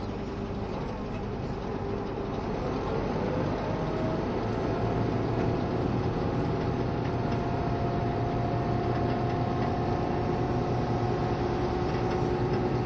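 Running sound of a KiHa 72 Yufuin no Mori diesel train: a steady, dense low rumble with sustained engine tones that rise slightly midway.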